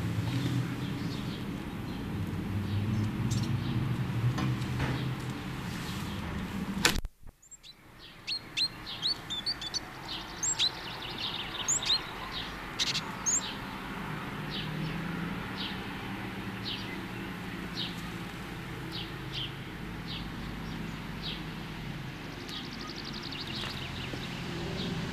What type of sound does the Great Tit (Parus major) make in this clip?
call